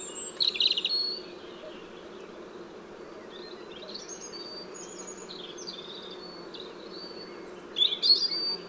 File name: Erithacus rubecula